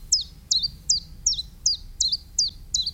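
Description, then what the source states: Common Chiffchaff song: a steady run of sharp, high, down-slurred notes over a quiet background. Very simple two-note song; omnipresent along a railway during a walk; the species is resident, seen all year.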